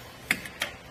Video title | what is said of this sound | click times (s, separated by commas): etrailer - Will the Swagman Current Bike Rack for 2 Electric Bikes Fit Your 2021 Honda CR-V? | we can lift up on that handle again and fold it up towards the vehicle you heard it click back into place | 0.3 s